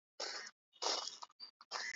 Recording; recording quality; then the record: counting at a normal pace; excellent, no background noise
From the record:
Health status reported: healthy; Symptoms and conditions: none ticked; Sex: male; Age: 26 years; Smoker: not ticked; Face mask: not worn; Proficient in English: yes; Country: India